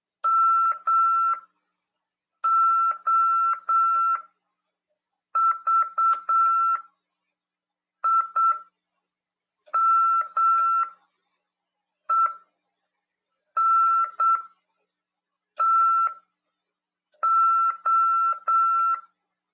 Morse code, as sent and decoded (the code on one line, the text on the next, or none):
-- --- ...- .. -- . -. - ---
MOVIMENTO